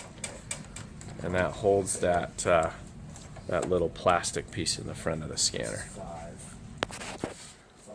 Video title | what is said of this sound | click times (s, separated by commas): Colorwave glass install | you just press firmly you clear it snap in and | 0.2 s, 0.5 s